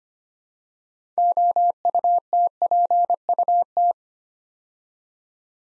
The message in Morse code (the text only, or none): OUTPUT